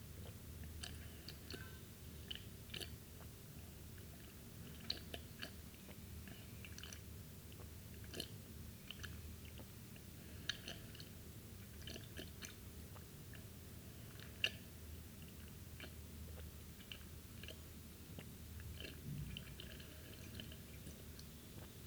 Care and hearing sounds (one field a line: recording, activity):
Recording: daily activity, guitar pickup as the sensor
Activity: drink water